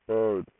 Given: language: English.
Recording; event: throat vibration sensor signal played as sound; speech